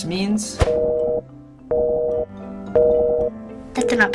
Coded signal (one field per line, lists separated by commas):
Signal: telephone call progress tone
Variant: North America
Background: speech, music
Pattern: busy tone